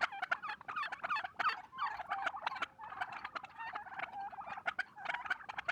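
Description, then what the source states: Turkey gobbling, rapid rattling bursts coming in uneven pulses, several loud gobbles clearly separated by short gaps. Red turkeys.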